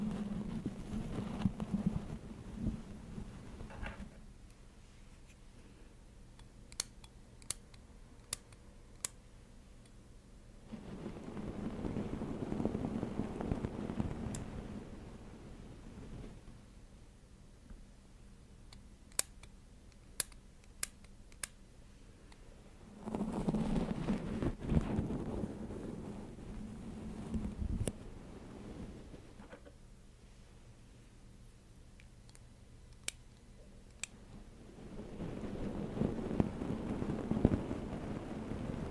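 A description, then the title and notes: Hair play: bursts of soft, rumbly rustling and rubbing recur every ten seconds or so, each lasting a few seconds. Between them it goes quieter, with a low steady hum and a handful of sharp, crisp clicks in quick little clusters. ASMR Hair Play for Sleep No Talking.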